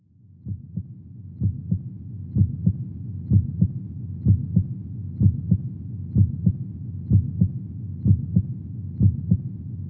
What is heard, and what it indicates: Heartbeat.